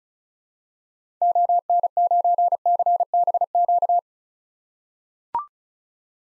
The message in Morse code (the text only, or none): ON9CBQ